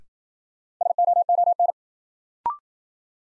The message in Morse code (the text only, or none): SOON